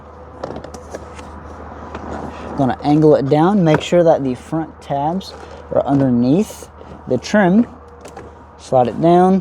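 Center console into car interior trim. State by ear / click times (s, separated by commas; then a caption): not seated / none. A plastic floor center console for a Pontiac Solstice is lowered and angled into the car's interior trim so its front tabs go underneath the trim, with a few light knocks of plastic handling at about 0.4 to 2.0 s and 8.2 s. Someone talks throughout. The console is only lined up so far, and nothing has seated or clicked yet.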